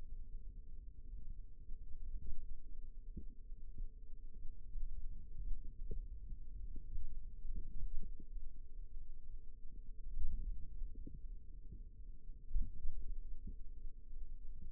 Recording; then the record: forearm muscle sounds (acoustic myography)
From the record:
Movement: hand opening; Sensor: system 2, bracelet of six BSWA MPA416 microphones around the upper forearm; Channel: 3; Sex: female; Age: 22 years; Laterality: right